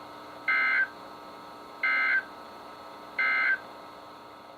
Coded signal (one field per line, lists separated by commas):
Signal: Emergency Alert System (SAME) tones